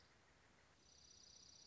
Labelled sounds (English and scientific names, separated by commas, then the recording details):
Dark-eyed Junco (Junco hyemalis)
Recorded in Sonoma County, California